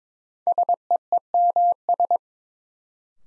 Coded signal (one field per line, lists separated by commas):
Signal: Morse code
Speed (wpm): 22 wpm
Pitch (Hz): 700 Hz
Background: none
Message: SEEMS